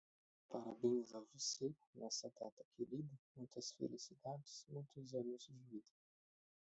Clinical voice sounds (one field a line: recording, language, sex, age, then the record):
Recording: short text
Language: Brazilian Portuguese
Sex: male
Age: 20 to 29 years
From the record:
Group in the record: control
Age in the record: 25 years